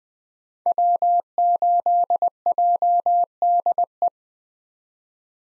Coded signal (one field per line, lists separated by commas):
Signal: Morse code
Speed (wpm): 21 wpm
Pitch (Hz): 700 Hz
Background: none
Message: W8JDE